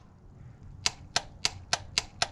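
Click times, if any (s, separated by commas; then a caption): 0.9 s, 1.2 s, 1.5 s, 1.7 s, 2.0 s, 2.2 s. A click-type torque wrench preset to 22 ft-lb tightens the thermostat housing bolts on a Ford Modular 5.4 engine during a cooling system rebuild. A run of six sharp, evenly spaced clicks sounds at 0.9, 1.2, 1.5, 1.7, 2.0 and 2.2 seconds over a low background rumble. The wrench clicks at its setting each time, confirming the torque is reached.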